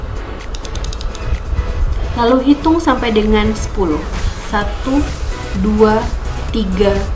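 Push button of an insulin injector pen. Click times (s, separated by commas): 0.6 s, 0.8 s, 1.0 s, 1.1 s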